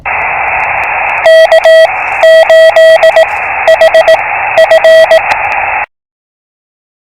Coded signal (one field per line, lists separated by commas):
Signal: Morse code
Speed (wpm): 18 wpm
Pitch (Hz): 650 Hz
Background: radio noise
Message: K8HF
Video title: POTA with purpose! Morse Code is for everyone! Listen and Copy random callsigns. #hamradio